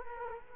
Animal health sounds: mosquito wingbeat signal from an infrared sensor; Culex quinquefasciatus

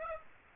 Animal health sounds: mosquito wingbeat signal from an infrared sensor; Aedes aegypti

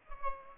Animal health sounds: mosquito wingbeat signal from an infrared sensor; Aedes albopictus

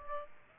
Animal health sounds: mosquito wingbeat signal from an infrared sensor; Aedes aegypti

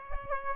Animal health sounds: mosquito wingbeat signal from an infrared sensor; Aedes aegypti

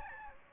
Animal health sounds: mosquito wingbeat signal from an infrared sensor; Anopheles gambiae

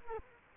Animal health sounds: mosquito wingbeat signal from an infrared sensor; Culex quinquefasciatus

